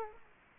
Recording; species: mosquito wingbeat signal from an infrared sensor; Culex quinquefasciatus